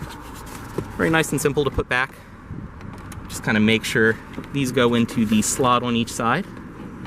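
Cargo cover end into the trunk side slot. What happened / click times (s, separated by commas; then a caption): The cover is being guided toward its side slots but has not yet locked in / none. A rear cargo cover on a 2013 Volvo C30 T5 Premier Plus is being put back into the trunk, with its ends guided into the slot on each side. Someone talks over faint handling sounds, with brief knocks near 0.8 s and 3.1 s. The clip ends before the cover goes home, and nothing has seated yet.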